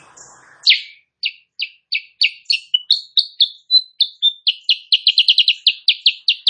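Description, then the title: Sooty-headed bulbul song after a brief scratchy noise: a long string of crisp chirps, evenly spaced at first, then quickening into a dense, lively run. Kutilang Sutra type; singing actively (gacor) in the morning; tutor recording (masteran) for training songbirds, said to make rival birds answer. "Masteran Kutilang Sutra. Kutilang Sutra GACOR pagi hari bikin lawannya AUTO NYAUT"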